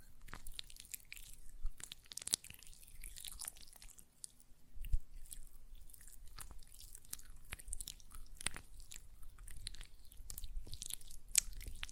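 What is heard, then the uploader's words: Hands work gel lotion, making a run of wet, sticky clicks and squelches that come in irregular bursts throughout. The crackly, bright smacks cluster around two, five, eight and eleven seconds, over a faint low hum that stays steady underneath. ASMR Gel Lotion Hand Sounds (No Talking).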